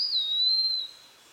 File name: Contopus virens - Eastern Wood Pewee